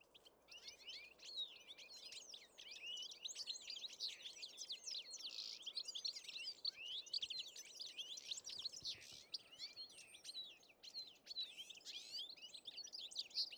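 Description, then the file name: European goldfinch twittering, a continuous stream of bright tinkling and buzzy notes, some overlapping, against a quiet hissing background. "Carduelis carduelis"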